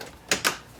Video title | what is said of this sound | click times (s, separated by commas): How to change your Jeep JL Gauge Cluster | now we can put this trim piece back make sure it clicks in place | 0.3 s